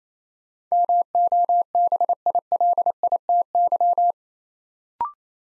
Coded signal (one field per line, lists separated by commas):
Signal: Morse code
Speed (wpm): 28 wpm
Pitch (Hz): 700 Hz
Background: none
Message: MOBILITY